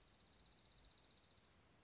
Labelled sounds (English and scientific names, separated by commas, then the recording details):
Dark-eyed Junco (Junco hyemalis)
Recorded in Sonoma County, California